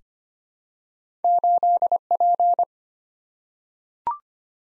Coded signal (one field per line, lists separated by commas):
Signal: Morse code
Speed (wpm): 25 wpm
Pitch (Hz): 700 Hz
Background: none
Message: 8P